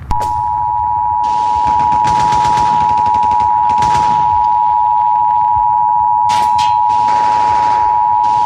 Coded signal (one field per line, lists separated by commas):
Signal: Emergency Alert System (SAME) tones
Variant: 853 and 960 Hz attention tone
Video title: DICTATOR PART TWO: An EAS Scenario